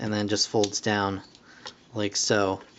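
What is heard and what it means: Someone talks while handling the plastic chest flap on the torso of a Masterpiece Cheetor MP-34 Transformers Beast Wars figure, sliding it back along a small channel and folding it down. Faint light handling ticks sit under the speech. Nothing has seated or clicked yet; the flap is not yet locked into place.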